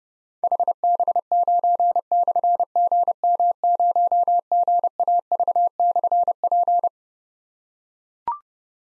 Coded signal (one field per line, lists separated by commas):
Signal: Morse code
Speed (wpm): 30 wpm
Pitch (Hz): 700 Hz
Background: none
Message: HB9/GM0GAV/P